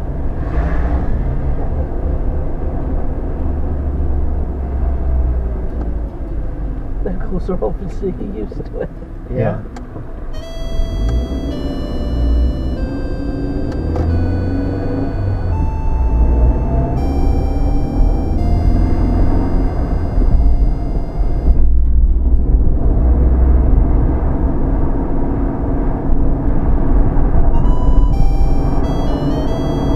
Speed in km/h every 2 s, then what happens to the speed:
23, 23, 18, 11, 0, 6, 13, 19, 26, 32, 31, 32, 35, 37, 39.
3-8 brakes to 0. 9-30 pulls away to 39.